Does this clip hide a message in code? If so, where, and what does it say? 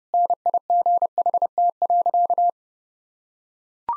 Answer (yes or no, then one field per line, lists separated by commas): yes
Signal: Morse code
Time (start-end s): 0.1-2.5 s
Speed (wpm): 30 wpm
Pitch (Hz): 700 Hz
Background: none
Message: NIGHT.